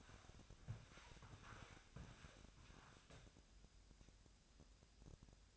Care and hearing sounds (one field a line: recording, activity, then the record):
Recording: daily activity, microphone in the room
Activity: walk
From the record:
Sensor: 2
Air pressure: 1000.4 hPa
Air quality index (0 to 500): 158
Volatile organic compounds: 3 ppm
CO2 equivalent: 1324 ppm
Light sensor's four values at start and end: 13/35/14/16 and 12/30/12/14